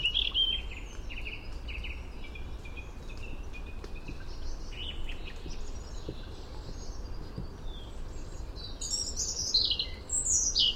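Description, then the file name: European robin song, mostly quiet, thin warbled fragments in the background, ending with a louder, very high, twittering phrase amid constant hiss. "Erithacus rubecula"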